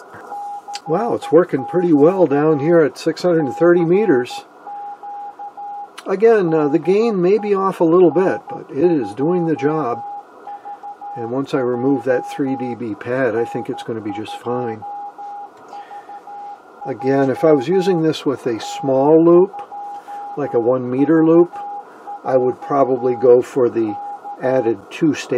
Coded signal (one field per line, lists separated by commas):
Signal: Morse code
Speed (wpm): 13 wpm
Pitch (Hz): 820 Hz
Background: speech, radio noise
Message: CQ CQ DE N2VJ N2VJ N2VJ K